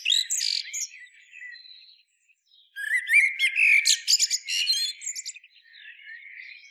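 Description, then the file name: Common blackbird with high scratchy twittering at first, a faint thin note, a pause, then a burst of rapid squeaky chatter fading into softer notes. "Turdus merula"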